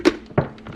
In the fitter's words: Oh, we got to do this again. It popped out on one side.